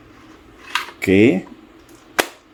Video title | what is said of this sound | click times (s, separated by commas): Review Kriss Vector WH | udah klik. Nah, ini dia. | 0.8 s